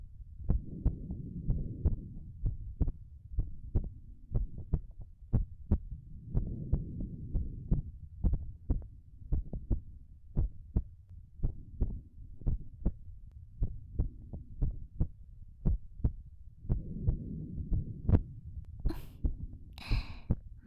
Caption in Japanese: ママの心臓の音、さっきよりもはっきり聞こえるよね。